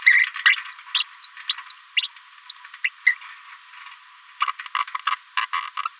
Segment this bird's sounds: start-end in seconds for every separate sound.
0.06-0.26, 0.46-0.56, 0.94-1.05, 1.23-1.28, 1.49-1.58, 1.70-1.78, 1.96-2.01, 2.49-2.54, 2.84-2.89, 3.06-3.15, 4.40-4.46, 4.75-4.78, 5.07-5.10, 5.37-5.41, 5.53-5.61, 5.85-5.88